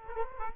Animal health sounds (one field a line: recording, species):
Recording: mosquito wingbeat signal from an infrared sensor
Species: Culex quinquefasciatus